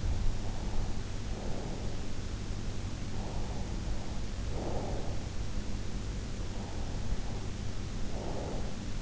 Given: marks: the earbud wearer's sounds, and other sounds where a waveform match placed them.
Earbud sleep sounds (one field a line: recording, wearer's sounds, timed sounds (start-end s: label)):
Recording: sounds in sleep by an in-ear microphone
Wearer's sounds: breath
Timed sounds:
0.48-2.37 s: breath
3.17-5.28 s: breath
6.63-9.02 s: breath